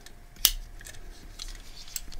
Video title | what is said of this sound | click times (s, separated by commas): 1986/87 Matchbox Full Review | You hear that satisfying clunk. | 0.5 s